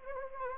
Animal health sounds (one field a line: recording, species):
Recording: mosquito wingbeat signal from an infrared sensor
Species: Anopheles arabiensis